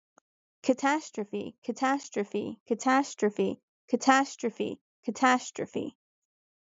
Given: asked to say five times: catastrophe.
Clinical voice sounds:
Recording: repeated word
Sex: female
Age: 30 to 39 years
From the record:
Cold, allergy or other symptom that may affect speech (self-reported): no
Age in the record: 38 years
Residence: Ohio, United States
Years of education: 12

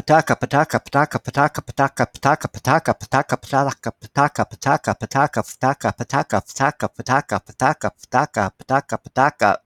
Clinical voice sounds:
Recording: repeated syllables /pa ta ka/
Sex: male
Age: 60 to 69 years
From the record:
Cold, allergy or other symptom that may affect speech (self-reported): no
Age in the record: 64 years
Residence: Florida, United States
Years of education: 15

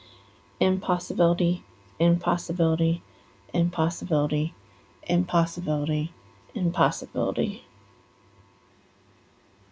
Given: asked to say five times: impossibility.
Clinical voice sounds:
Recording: repeated word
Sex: female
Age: 30 to 39 years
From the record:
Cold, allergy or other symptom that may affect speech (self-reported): no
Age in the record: 35 years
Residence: Ohio, United States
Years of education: 17

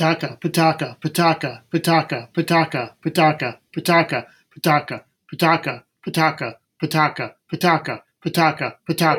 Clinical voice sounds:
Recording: repeated syllables /pa ta ka/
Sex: male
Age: 60 to 69 years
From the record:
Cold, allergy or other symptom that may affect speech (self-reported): no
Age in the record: 63 years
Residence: Pennsylvania, United States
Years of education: 16

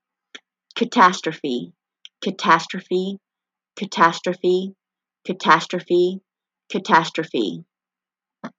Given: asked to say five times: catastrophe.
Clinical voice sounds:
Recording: repeated word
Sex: female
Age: 40 to 49 years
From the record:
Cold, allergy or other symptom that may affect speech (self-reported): no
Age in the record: 40 years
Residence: Alabama, United States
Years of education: 16

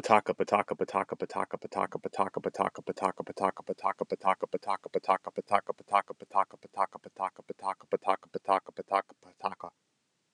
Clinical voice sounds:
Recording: repeated syllables /pa ta ka/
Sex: male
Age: 30 to 39 years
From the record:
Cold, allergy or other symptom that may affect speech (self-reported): no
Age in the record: 37 years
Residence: New York, United States

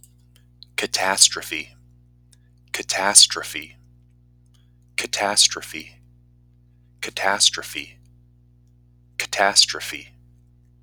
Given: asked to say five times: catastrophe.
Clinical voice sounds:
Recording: repeated word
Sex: male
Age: 30 to 39 years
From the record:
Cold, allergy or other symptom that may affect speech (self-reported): no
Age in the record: 30 years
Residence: Washington, United States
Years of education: 12

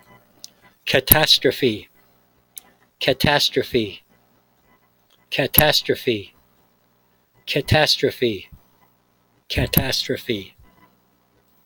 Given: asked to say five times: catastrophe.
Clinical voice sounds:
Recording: repeated word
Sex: male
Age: 50 to 59 years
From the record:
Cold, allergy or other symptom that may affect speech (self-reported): no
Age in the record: 55 years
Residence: Florida, United States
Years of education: 18

